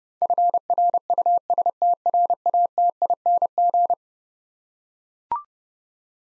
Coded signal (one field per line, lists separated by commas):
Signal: Morse code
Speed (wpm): 30 wpm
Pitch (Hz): 700 Hz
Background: none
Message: FRUSTRATING